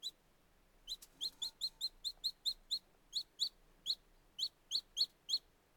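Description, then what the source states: Young chickens giving shrill, clear cheeps in a quick run, several per second with brief gaps, over a faint low background hiss. Very young chicks.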